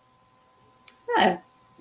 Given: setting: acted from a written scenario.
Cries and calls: vocal sound without words; neutral

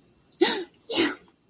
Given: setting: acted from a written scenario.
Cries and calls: vocal sound without words; elation

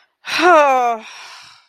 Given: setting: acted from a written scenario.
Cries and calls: vocal sound without words; disappointment

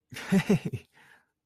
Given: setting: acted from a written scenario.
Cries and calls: vocal sound without words; positive surprise

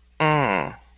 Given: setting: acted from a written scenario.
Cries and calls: vocal sound without words; confusion

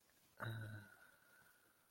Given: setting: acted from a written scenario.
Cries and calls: vocal sound without words; desire

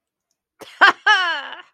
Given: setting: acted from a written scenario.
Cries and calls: vocal sound without words; pride

